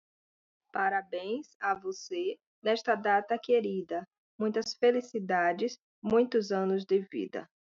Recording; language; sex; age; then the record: short text; Brazilian Portuguese; female; 40 to 49 years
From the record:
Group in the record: control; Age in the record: 40 years